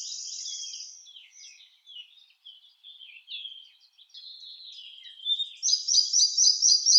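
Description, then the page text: Red-breasted flycatcher singing: a short buzzy phrase, then quiet varied high twitters, ending with a loud run of rapidly repeated bright notes. "Ficedula parva - Мухоловка малая"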